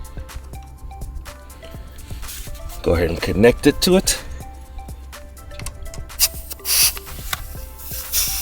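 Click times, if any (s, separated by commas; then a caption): 7.3 s. An Olgeo M7 portable inflator's air hose chuck is pushed onto a tire valve stem and locked in place, with rubbing and squishing sounds while someone talks over background music. A sharp, loud click at 7.3 s marks the lock engaging, and the chuck is seated and locked onto the valve.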